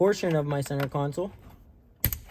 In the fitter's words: clicks into place and push the red lock in place and we are set so